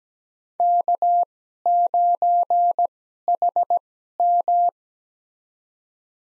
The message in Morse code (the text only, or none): K9HM